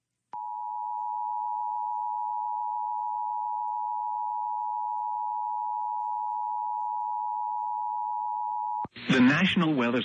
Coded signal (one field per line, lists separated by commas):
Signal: Emergency Alert System (SAME) tones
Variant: 853 and 960 Hz attention tone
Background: speech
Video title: ARCHIVE VIDEO: EAS #1: Tornado Warning on WOVO-FM 106.3. (Spotters comfirmed funnel!!) (Jan 1, 2022)